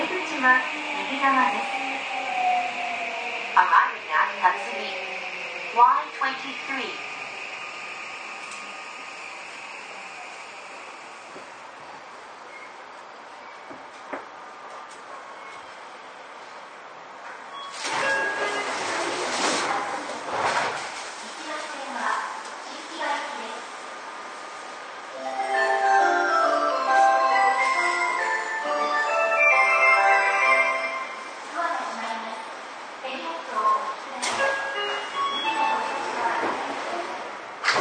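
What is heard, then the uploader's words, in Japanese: A Seibu 6000 series train ride between Wakoshi and Shin-kiba. For the first fifteen seconds a steady motor whine slides downward in pitch as the train slows, with a few clunks. After about eighteen seconds, announcement-like speech plays over the running noise, growing louder toward the end. 西武6000系 和光市〜新木場。1991年度から1995年度までに製造された6101F - 6117Fの車体は軽量ステンレス製。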